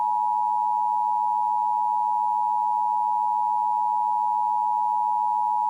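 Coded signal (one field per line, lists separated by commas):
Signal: Emergency Alert System (SAME) tones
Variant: 853 and 960 Hz attention tone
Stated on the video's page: Fictional EAS scenario.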